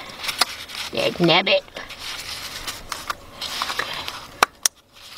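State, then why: Seated. A plastic electrical connector is pushed onto an ignition coil of a 2003 Nissan Altima 2.5 during a spark plug job, while someone talks. After some soft handling noises, two sharp clicks at 4.4 and 4.7 seconds show the connector seating on the coil.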